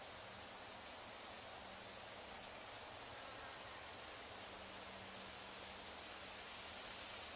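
Cricket producing an unbroken, thin, high-pitched trill, steady in pitch with small pulsing swells of volume.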